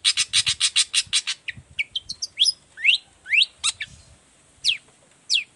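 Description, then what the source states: Long-tailed shrike song: a fast series of rasping notes, then separate sweeping calls with pauses between them. Morning song, used as a lure so that other shrikes of any kind reply quickly and open their beaks; varied sound with 'toet toet' notes.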